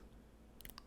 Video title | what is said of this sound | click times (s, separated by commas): Custom Submariner Homage – Laser Engraved ‘DNA 1 OF 1’ Edition | Let's get it into the watch until it clicks. | 0.8 s